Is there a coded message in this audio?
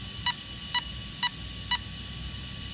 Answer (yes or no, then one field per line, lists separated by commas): no